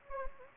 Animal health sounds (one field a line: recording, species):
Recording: mosquito wingbeat signal from an infrared sensor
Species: Anopheles gambiae